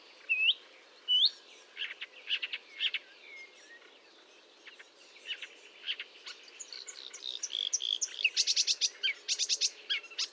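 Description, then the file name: Marsh warbler song with up-slurred whistles, chattering phrases and a dense high buzzy medley toward the end, over a soft background hiss. Recorded at Fontaine-Française (Fourneau), France, on 1 June 2022 at 10:55, using a Nagra recorder with a Telinga. "Rousserolle verderolle 1055 Fontaine-Francaise-Fourneau"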